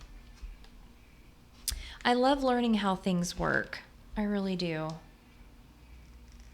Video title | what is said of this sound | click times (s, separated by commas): Episode #110 - What Ikea Did Right! | So these little clear pieces snap into place. | 1.7 s